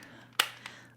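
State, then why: Seated. A plastic toy bunny is pressed down into a spring-loaded hole in a plastic game base until it latches. A sharp click sounds at 0.4 s as the bunny seats, followed by a fainter tick at about 0.7 s. The bunny is seated and latched in the hole.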